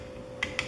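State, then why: Seated. A billet aluminum coaxial spring perch is slid down a coilover body onto the lower adapter, over a steady low background hum. Two sharp clicks sound at 0.4 s and 0.6 s as the perch indexes into the adapter, and it is seated.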